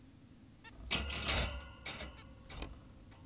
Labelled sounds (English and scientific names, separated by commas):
Zebra Finch (Taeniopygia guttata)